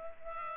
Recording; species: mosquito wingbeat signal from an infrared sensor; Culex pipiens